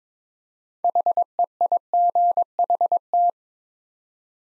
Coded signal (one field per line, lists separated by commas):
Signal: Morse code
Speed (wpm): 22 wpm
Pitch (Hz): 700 Hz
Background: none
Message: HEIGHT